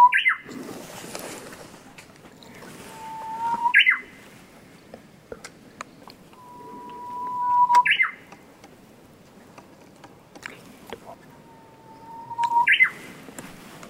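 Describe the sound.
Japanese bush warbler song: the end of a flourish, then three times a long, steady whistle ending in a sharp flourish, about every four to five seconds, with faint background rustle.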